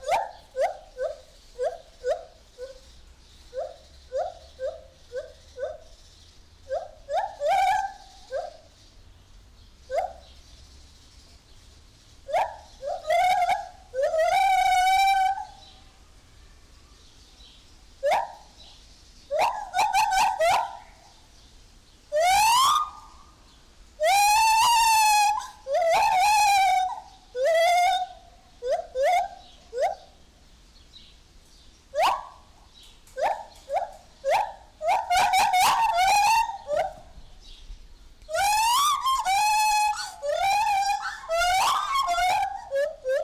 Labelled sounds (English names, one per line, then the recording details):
Lar Gibbon
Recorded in captivity
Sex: male
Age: adult
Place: Zoo Berlin, Berlin, DE
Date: 1998-06-20 10:10
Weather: wolkig - heiter, 18°C
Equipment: Sony MD-WM MZ-R3, Sennheiser ME 80, Kopie Uher 4000 Report Monitor
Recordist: Tembrock, Günter